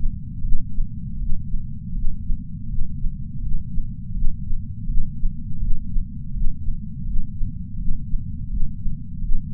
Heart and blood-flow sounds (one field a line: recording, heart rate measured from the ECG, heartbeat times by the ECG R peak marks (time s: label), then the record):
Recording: heart sounds by patch sensor on the chest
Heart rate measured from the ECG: 82 bpm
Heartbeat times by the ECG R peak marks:
0.41 s: heartbeat
1.18 s: heartbeat
1.93 s: heartbeat
2.67 s: heartbeat
3.41 s: heartbeat
4.13 s: heartbeat
4.86 s: heartbeat
5.59 s: heartbeat
6.32 s: heartbeat
7.05 s: heartbeat
7.77 s: heartbeat
8.49 s: heartbeat
9.21 s: heartbeat
From the record:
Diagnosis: coronary artery disease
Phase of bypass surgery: intraoperative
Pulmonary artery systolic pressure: 26 mmHg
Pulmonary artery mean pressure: 18 mmHg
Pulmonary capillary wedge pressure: 8 mmHg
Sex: female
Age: 52 years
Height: 163 cm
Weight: 80 kg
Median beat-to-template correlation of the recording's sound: 0.89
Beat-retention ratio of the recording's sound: 0.99